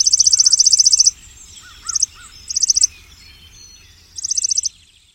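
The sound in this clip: Chipping sparrow song: high, dry, rapid trills of even chips lasting up to about a second. A few lower slurred notes sound between them.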